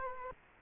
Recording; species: mosquito wingbeat signal from an infrared sensor; Culex quinquefasciatus